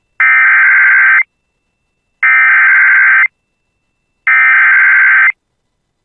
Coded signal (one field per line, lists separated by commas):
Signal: Emergency Alert System (SAME) tones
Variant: header bursts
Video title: [EAS] Severe Thunderstorm Warning for Bemidji (7/27/25)